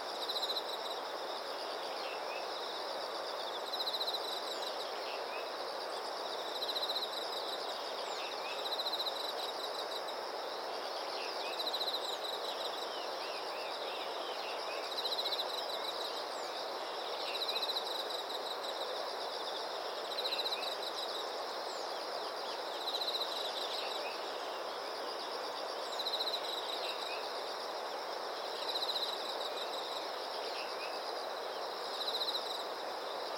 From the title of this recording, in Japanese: 朝、川沿いの森に暮らす鳥と虫たちの歌声